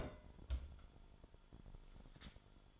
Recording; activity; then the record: daily activity, microphone in the room; place on stove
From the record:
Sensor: 5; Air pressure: 1008.1 hPa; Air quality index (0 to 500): 113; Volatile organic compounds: 1 ppm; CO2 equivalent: 870 ppm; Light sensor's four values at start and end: 28/59/25/25 and 27/58/25/25